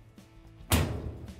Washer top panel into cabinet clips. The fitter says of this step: we can lower the top down and snap it into place once you have it snap into place